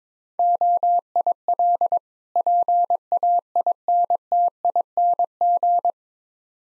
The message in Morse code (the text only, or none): OIL PAINTING